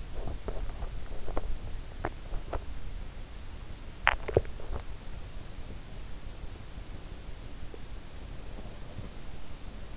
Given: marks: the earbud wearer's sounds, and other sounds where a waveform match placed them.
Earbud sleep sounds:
sounds in sleep by an in-ear microphone; teeth grinding
0.00-5.27 s: teeth grinding

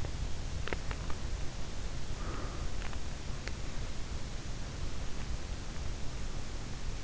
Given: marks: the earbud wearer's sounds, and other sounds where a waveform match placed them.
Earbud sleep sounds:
sounds in sleep by an in-ear microphone; teeth grinding, breath
0.00-3.64 s: teeth grinding
1.83-2.94 s: breath
4.54-7.00 s: breath

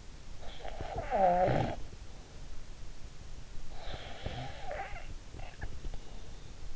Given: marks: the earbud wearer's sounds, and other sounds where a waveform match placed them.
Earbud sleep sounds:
sounds in sleep by an in-ear microphone; snoring breath
0.48-2.39 s: snoring breath
3.56-6.00 s: snoring breath

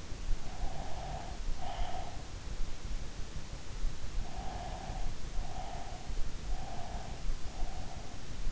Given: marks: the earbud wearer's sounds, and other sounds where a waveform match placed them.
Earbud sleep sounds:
sounds in sleep by an in-ear microphone; breath
0.64-2.32 s: breath
4.19-6.13 s: breath
6.39-8.52 s: breath

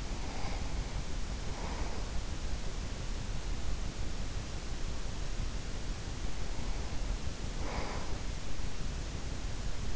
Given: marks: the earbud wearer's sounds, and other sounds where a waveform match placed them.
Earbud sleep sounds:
sounds in sleep by an in-ear microphone; breath
0.00-2.67 s: breath
5.72-8.56 s: breath

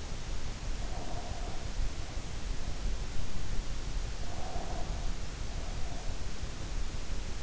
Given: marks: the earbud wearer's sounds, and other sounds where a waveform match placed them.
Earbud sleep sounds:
sounds in sleep by an in-ear microphone; breath
0.73-1.86 s: breath
4.04-6.25 s: breath

